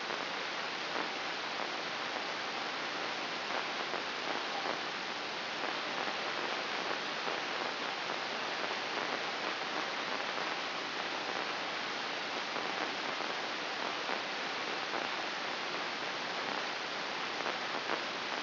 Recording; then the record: brain microelectrode recording played as sound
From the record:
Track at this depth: inside the subthalamic nucleus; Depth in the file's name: 5.137 mm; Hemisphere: right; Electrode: 2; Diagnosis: Parkinson's disease